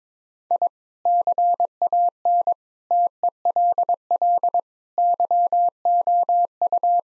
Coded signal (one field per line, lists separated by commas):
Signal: Morse code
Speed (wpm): 22 wpm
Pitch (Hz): 700 Hz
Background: none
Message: I CAN TELL YOU